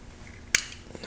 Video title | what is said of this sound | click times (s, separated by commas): NEW WHEELS FOR THE M4! Volk ZE40 + MORE Cosmetic Mods! | like that pops right into place and we are good to go time to reinstall | 0.5 s